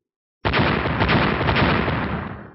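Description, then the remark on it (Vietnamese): A loud, harsh explosive roar bursts in suddenly, with three rapid blasts of purple-black lava struck by a long spear running together before the rumble slowly fades out. No voices are heard. “Liên tục 3 tiếng nổ, dung nham tím đen bạo tạc 3 lần.”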